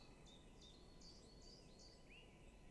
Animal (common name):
Common Chiffchaff